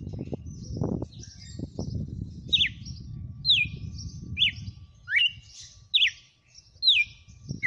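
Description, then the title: Red-cowled cardinal giving clear whistled swooping notes about once a second, over low rumbling background noise. Female named Fenrir, singing in front of a customer. "Canto Galo Campina Fêmea. Galo de campina cantando na cara do FREGUÊS - Esse é o FENRIR"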